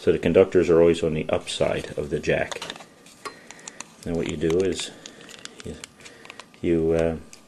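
A terminated Cat5e RJ45 keystone jack is handled at the back of a plastic wall faceplate while someone talks. A few small ticks and light handling noises fall between about 3.1 and 3.8 seconds. The clip ends before the jack is pushed home, so nothing has snapped or seated yet.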